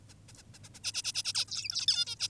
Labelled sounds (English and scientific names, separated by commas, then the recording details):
Zebra Finch (Taeniopygia guttata)
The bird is an adult
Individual g19o10U